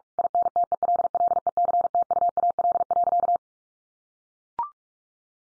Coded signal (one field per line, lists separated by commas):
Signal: Morse code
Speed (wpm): 44 wpm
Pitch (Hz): 700 Hz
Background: none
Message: INTELLECTUAL.